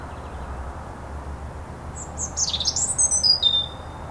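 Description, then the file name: European robin giving a single high warbled phrase in the second half, tumbling notes followed by thin, slightly falling whistles; low hum beneath. "Erithacus rubecula"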